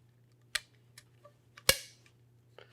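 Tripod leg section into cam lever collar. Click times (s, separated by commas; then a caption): 0.6 s, 1.7 s. A Peak Design Travel Tripod aluminium leg section B is pushed into the cam lever B collar until its spring buttons snap out through the holes. Sharp clicks sound at 0.6 s and 1.7 s, the second louder and ringing briefly, with fainter ticks in between. The leg section is seated in the collar.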